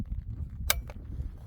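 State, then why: Seated. A leather-or-synthetic covered seat piece on a Scrambler 1200 XE motorcycle is pressed down into its automatic fitting in the seat latch. It gives a sharp, bright click at 0.7 s, followed by a fainter tick around 0.9 s, over a low rumbling background. The seat piece is seated and latched home.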